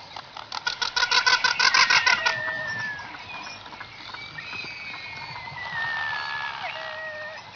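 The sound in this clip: Frigatebird calls: a loud run of fast, rattling pulses in the first two seconds, followed by thin, drawn-out whistles that slide gently downward.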